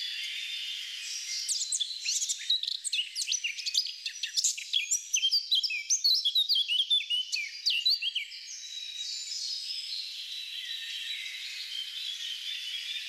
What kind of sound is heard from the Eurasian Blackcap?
song